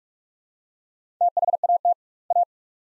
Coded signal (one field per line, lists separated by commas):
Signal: Morse code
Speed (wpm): 46 wpm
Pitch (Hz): 700 Hz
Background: none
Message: THAT A